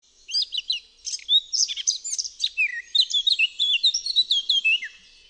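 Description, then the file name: Eurasian blackcap song, a fast, rich warble of varied chirps, trills and slurred notes running on continuously, with no other sounds. "KAPTURKA"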